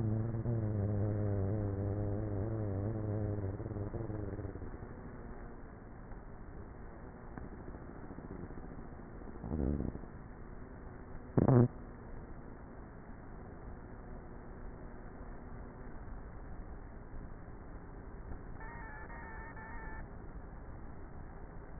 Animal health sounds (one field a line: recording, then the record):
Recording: honeybee colony, microphone inside the hive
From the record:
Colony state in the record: queenless with a low population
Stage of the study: before two queens were removed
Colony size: about 30,000 bees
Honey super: no